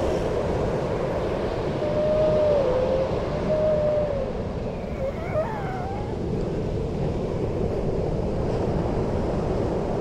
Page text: Grey Seals and waves recorded on the 1st December 2013 at 8am, Horsey Gap, Norfolk, England.